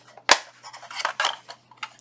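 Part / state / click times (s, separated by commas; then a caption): head strap arm into VR headset side mount / seated / 0.3 s, 1.2 s. The rigid plastic arm of a replacement Elite Strap is pushed onto the side of a Quest 2 VR headset where the original strap was. A sharp snap at 0.3 s and another at 1.2 s are surrounded by lighter plastic clicks and rattles. The arm snaps in and that side is completely seated.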